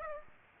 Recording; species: mosquito wingbeat signal from an infrared sensor; Aedes aegypti